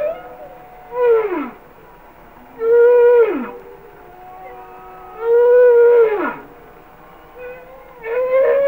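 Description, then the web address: Humpback whale song of repeated harmonic wails, most holding a steady pitch then dropping in a steep downsweep, recurring every few seconds. "Whale Songs Sounds of Nature - Humpback Whales"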